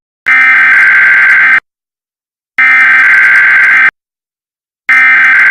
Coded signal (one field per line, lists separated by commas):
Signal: Emergency Alert System (SAME) tones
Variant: header bursts